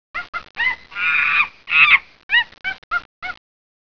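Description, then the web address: Poultry honking calls, a series of short nasal honks with a couple of longer, harsher drawn-out cries in the middle, then several more clipped honks. "特酷声音素材库 动物 家禽 其他"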